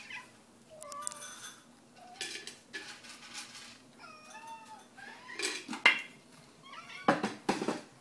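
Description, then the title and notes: Cats give several wavering, rising and falling meows mixed with bursts of clattering and rustling noise. Several cats calling together in the morning. "Morning cat choir by Bougie"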